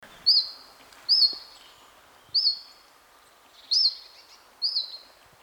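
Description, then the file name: Great tit calls: five short, high, sharply peaked notes, each trailing into a thin level tone, spaced roughly a second apart over faint background hiss. "Parus major"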